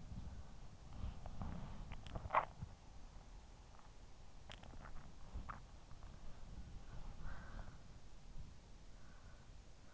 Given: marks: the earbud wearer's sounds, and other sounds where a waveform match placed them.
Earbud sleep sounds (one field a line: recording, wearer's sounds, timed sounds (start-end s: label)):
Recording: sounds in sleep by an in-ear microphone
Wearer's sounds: body movement, swallowing, breath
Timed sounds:
0.00-2.17 s: body movement
1.82-2.95 s: swallowing
6.99-8.09 s: breath